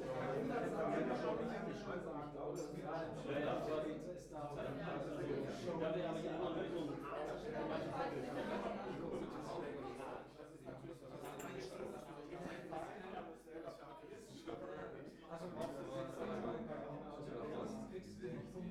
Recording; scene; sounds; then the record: everyday scene through a hearing-aid microphone; many people talking; many voices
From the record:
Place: bistro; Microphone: behind the ear, right, front